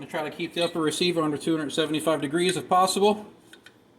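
Someone talks while a Daniel Defense AR rifle barrel is readied to go into a heated aluminium upper receiver as a thermal fit, to be pushed in fully until the index pin engages. After the talking stops, two faint short ticks come at 3.5 and 3.7 seconds. Nothing has seated or clicked yet.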